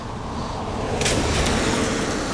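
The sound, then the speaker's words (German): Steady road traffic rumbles by with a broad, wind-like hiss, and a brief brighter swell midway as a vehicle passes. No voices. “Ah, und Verkehr.”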